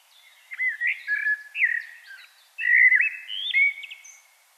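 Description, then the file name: Common blackbird singing two connected, rich warbling phrases with slurred, rising and falling fluty notes. "Turdus merula"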